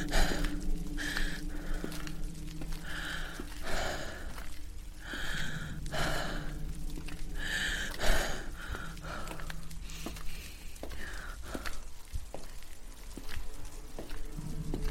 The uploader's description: hiding in old church/monster outside